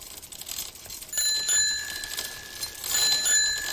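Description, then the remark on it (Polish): A bicycle bell rings in two quick bursts of bright, metallic trilling, with a high clear tone lingering between them over a soft background hiss. No one speaks. “Albo na rower,”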